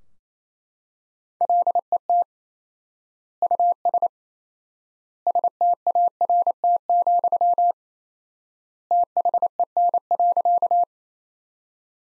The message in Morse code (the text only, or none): LET US START, THEN.